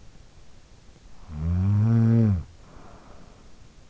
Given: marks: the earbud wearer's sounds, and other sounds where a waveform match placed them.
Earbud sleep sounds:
sounds in sleep by an in-ear microphone; snoring breath
0.82-3.75 s: snoring breath

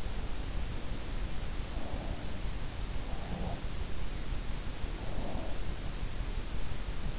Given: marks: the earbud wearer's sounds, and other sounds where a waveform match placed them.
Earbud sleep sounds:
sounds in sleep by an in-ear microphone; breath
3.00-3.58 s: breath
4.94-5.56 s: breath

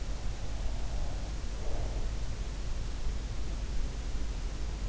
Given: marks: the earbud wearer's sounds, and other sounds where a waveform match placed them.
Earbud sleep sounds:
sounds in sleep by an in-ear microphone; breath
0.44-2.10 s: breath

